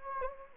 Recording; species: mosquito wingbeat signal from an infrared sensor; Anopheles gambiae